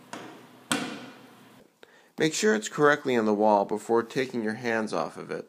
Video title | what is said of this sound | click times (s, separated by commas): 30 Star Install | you will feel it click onto the magnet | 0.7 s